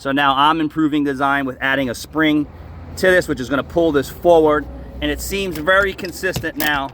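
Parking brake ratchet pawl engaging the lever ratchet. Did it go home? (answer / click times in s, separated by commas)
no / none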